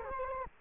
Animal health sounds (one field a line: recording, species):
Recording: mosquito wingbeat signal from an infrared sensor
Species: Culex quinquefasciatus